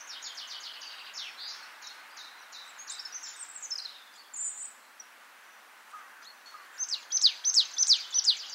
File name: Poecile palustris